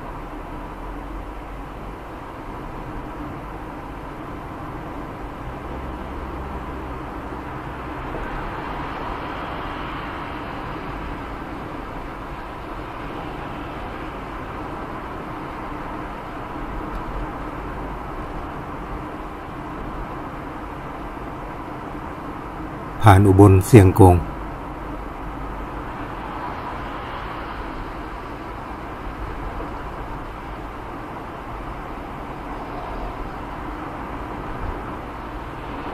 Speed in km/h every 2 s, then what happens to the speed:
52, 52, 54, 56, 57, 58, 58, 59, 59, 57, 56, 55, 55, 56, 58, 59, 61, 62.
0-25 steady at about 56. 25-36 speeds up to 62.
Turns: none.